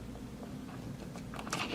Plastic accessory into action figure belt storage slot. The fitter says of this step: okay well that one's not snapping into place too well